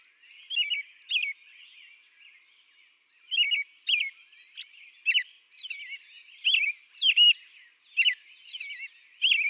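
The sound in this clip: American robin song, whistled phrases with thin high notes, sparse at first, then a steadier series of phrases.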